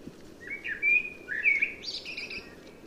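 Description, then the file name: Common blackbird song: a low fluting warble with gliding notes, then a brief high, squeaky twitter at the end of the phrase. "Turdus merula"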